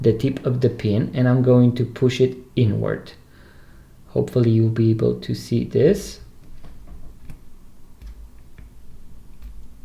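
On an Armitron Pro Sport watch, the metal spring-bar pin of the strap is pushed inward with a pin remover toward the hole in the watch case lug. Someone talks, then faint small ticks and scrapes follow. Nothing has seated or clicked into the lug yet.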